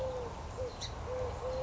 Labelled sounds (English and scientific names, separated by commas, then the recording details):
Song Sparrow (Melospiza melodia)
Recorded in Sonoma County, California